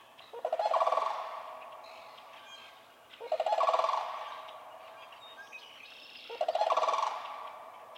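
Sandhill crane bugle, three loud rolling rattled calls spaced about three seconds apart.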